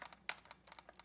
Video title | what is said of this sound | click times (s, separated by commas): Star Trek: The Playmobil Star Trek III Klingon Bird of Prey | I actually heard a click there okay | 0.3 s